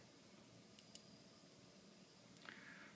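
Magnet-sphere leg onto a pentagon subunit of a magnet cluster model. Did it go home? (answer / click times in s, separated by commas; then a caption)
yes / 1.0 s. A leg built from small spherical neodymium magnets is snapped onto a pentagon stack of a magnet cluster model so it points the same way as the stack. A faint tick at 0.8 s leads into a sharp click at 1.0 s as the leg seats, followed by another short tick at 2.5 s over a steady low hiss. The leg snaps into place.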